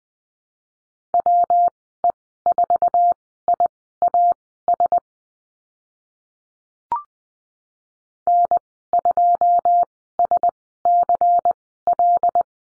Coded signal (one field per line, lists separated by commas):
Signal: Morse code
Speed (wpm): 20 wpm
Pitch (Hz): 700 Hz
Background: none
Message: WE4IAS N2SCL